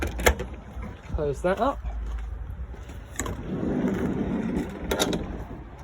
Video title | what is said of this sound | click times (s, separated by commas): Trigano Tribute handover video | Yeah, and put it back in until it clicks, and that's it. | 0.3 s